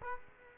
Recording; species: mosquito wingbeat signal from an infrared sensor; Culex quinquefasciatus